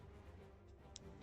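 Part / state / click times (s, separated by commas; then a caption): plastic muffler piece into model kit frame / not seated / none. A plastic muffler piece is being handled and slid toward its socket in a model kit frame, over a low steady background hum. Two faint, brief ticks are heard at about 1.0 s and 1.2 s. Nothing has seated or clicked yet, and the clip ends just before the part goes home.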